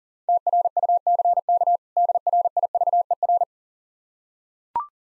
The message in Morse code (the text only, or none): TRUCK DRIVER